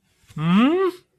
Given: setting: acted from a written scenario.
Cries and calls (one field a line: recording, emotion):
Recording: vocal sound without words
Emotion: confusion